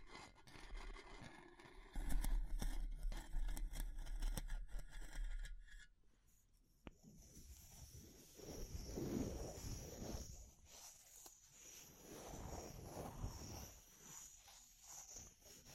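Wood and straw being handled and rubbed, with dense, scratchy scraping and rapid clicks filling the first six seconds. A brief hush and a single sharp tap near seven seconds follow, then softer, uneven rustling and brushing continues over a faint steady high whine.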